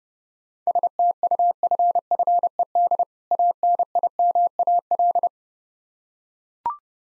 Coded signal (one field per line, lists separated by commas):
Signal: Morse code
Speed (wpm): 30 wpm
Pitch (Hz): 700 Hz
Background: none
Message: STUFFED ANIMAL